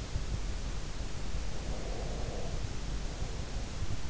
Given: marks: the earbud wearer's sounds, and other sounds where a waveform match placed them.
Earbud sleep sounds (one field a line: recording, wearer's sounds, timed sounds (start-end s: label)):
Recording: sounds in sleep by an in-ear microphone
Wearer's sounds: breath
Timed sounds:
1.51-3.46 s: breath